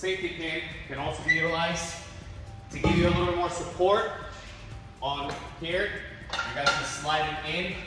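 Someone talks while handling a steel dip bar attachment to slide it into the upright of an Elite Pro Fitness FTS2 XL power rack. Nothing has seated or clicked yet.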